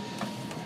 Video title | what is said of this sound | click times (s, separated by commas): Camaro shift knob adapter | then it popped there, and then there's some clips up here. | 0.2 s